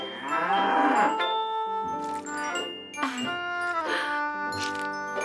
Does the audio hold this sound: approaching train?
no